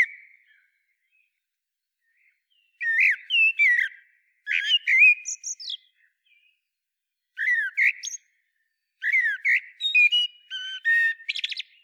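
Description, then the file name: Common blackbird giving a brief note, then after a pause singing several phrases of warbled whistles and chattering notes. "Turdus merula"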